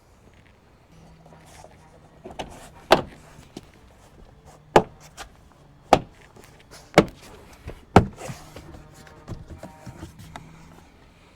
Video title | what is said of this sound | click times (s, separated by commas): 2019 Subaru Crosstrek Rear Door Panel Removal (Fixing an Oopsie!) | it clicked back into place, go ahead and reinstall your two screws. | 2.9 s, 4.8 s, 5.9 s, 7.0 s, 8.0 s